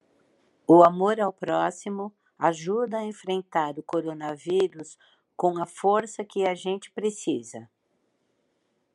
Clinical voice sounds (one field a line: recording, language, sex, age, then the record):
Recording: spoken sentence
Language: Brazilian Portuguese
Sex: female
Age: 60 to 69 years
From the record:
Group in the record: control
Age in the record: 61 years